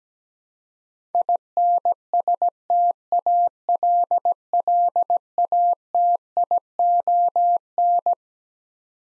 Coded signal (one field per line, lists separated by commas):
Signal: Morse code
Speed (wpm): 17 wpm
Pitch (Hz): 700 Hz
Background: none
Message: INSTALLATION